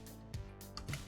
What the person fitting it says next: Snaps into place.